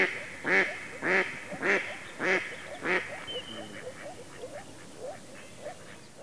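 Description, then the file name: Mallard with five loud, harsh quacks in quick succession, followed by a string of much fainter, softer quacks fading away. "Digiffects Sound Effects Library - Mallard Duck Quacking"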